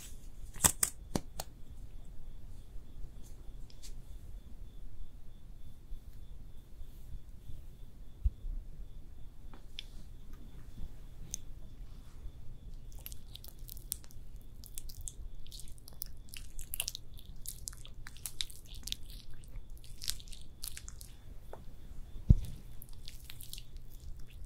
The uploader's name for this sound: ASMR Makeup Artist Does Your MAKEUP (Layered + No Talking)